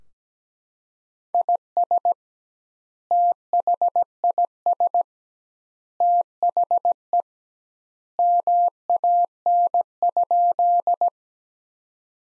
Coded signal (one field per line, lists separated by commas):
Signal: Morse code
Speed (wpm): 17 wpm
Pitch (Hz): 700 Hz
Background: none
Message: IS THIS THE MAN?